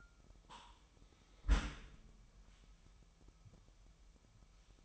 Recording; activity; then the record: daily activity, microphone in the room; close dishwasher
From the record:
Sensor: 1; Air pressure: 998.4 hPa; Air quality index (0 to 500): 136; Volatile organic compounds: 4 ppm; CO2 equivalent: 1628 ppm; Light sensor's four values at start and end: 17/57/23/23 and 17/57/23/23